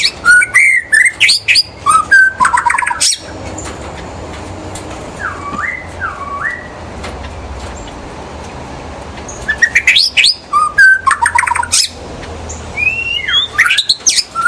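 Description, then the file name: White-rumped shama song: loud bursts of rich whistles, trills and sharp clicks, pausing midway for soft whistled notes, then another rapid varied phrase. In the forest. "murai batu di hutan"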